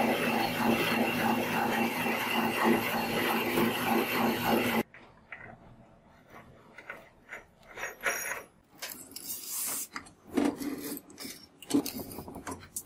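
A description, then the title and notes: A rusty bolt is worked by hand, opening with about five seconds of dense, steady rasping like a file dragged back and forth. The filing then stops abruptly, leaving a quieter stretch of scattered scrapes, rubs and light knocks, with a few sharper bright bursts. Turning Rusty BOLT into a Beautiful Pocket LIGHTER.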